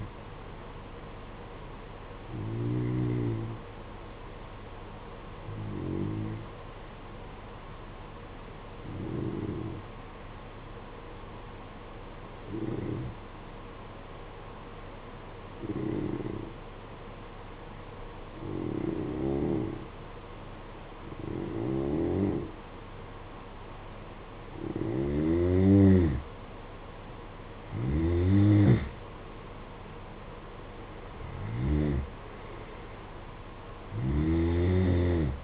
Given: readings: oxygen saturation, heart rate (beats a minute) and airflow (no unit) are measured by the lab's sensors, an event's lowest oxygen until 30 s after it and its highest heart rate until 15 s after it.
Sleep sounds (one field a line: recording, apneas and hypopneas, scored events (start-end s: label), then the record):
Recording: breathing in sleep by a voice recorder at the bedside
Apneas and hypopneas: 1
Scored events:
3.00-26.70 s: hypopnea (N2, oxygen 95% highest, then 87% lowest, heart rate 50 at the start, 62 highest)
From the record:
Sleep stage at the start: N2 (light sleep)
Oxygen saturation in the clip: 87 to 95%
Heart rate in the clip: 49 to 62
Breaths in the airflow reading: 10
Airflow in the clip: -12.7 to 13.6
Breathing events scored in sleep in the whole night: 476 in 9.7 hours asleep